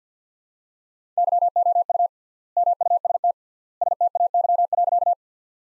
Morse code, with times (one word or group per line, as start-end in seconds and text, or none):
1.2-2.1 YOU
2.6-3.3 MUST
3.8-5.1 STAY.